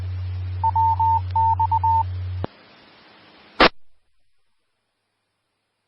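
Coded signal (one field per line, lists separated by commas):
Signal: Morse code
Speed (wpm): 20 wpm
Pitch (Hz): 900 Hz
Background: radio noise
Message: WX E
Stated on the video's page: Denver area Skywarn repeater on 146.940 MHz.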